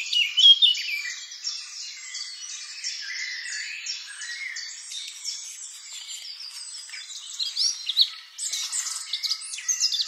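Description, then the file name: Eurasian blackcap warbling song, a dense, fast run of scratchy and clear notes shifting up and down, strongest at the very start and again near the end. "Sylvia atricapilla"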